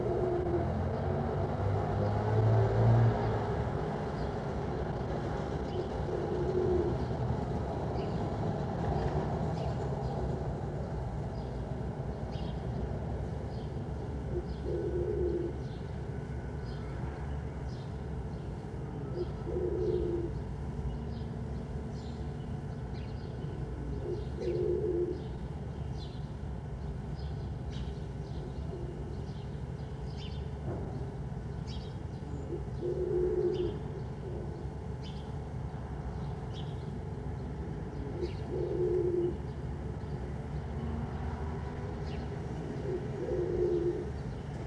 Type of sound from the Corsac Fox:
barking